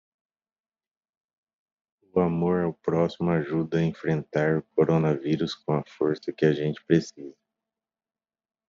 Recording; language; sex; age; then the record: spoken sentence; Brazilian Portuguese; male; 40 to 49 years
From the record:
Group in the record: control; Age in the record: 41 years